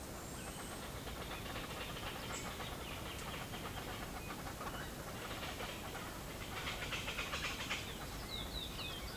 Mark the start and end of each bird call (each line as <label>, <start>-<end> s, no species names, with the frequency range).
bird call (0.2-6.2 kHz), 0.36-9.16 s